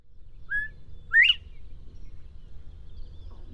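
Northern bobwhite calling once: a short level whistle followed by a strong upward-sweeping whistle, against a soft low hum.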